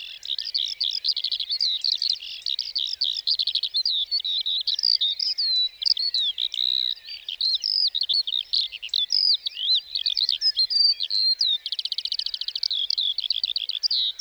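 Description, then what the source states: Lark song, a continuous high warbling stream of rapid chirps, trills and slurred whistles without pause, with buzzy rattling passages near the end. 29 March 2020, Plateau de Lesches-en-Diois; sings before full daybreak, perched on top of a bush rather than in flight, for nearly fifteen minutes before flying off; Nagra Seven, stereo, cardioid MKH40.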